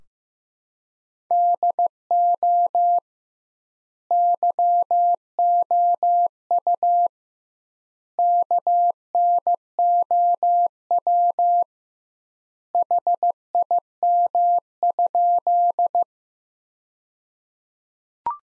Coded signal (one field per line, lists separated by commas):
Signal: Morse code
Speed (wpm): 15 wpm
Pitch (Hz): 700 Hz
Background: none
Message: DO YOU KNOW HIM?